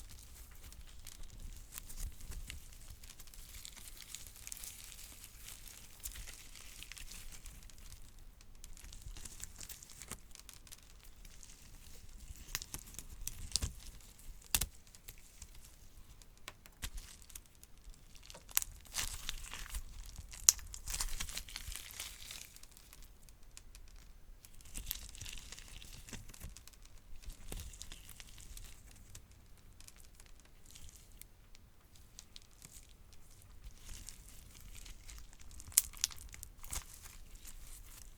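Slime being squeezed and worked, with a steady run of soft crinkly crackles and small pops throughout. Sharp clicks and louder snaps stand out now and then, clustering around the middle and again near the end, over a quiet low rumble.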